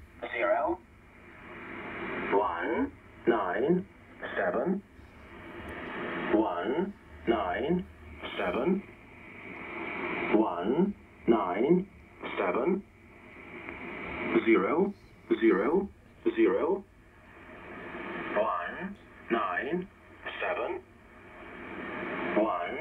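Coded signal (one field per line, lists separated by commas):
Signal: numbers station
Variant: E07a, English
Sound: synthetic-sounding English voice reading short words, evenly spaced, one per second or so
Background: radio static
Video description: This is E07a "The English Man"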